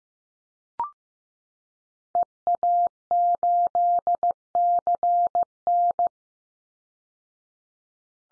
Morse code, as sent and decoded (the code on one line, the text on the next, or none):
. .- ---.. -.-. -.
EA8CN